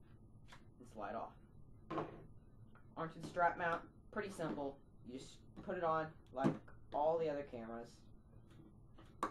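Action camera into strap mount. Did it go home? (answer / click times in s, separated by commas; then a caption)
yes / 9.2 s. An action camera is pushed onto a plastic strap mount while someone talks. A sharp, loud snap at 9.2 s marks the camera locking into the mount, seated.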